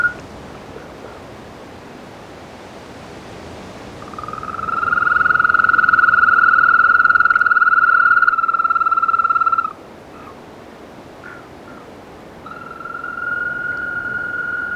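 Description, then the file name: Trill of an African green toad, a steady purring pulsed tone held for about five seconds, followed after a pause by another trill beginning. "Bufotes boulengeri"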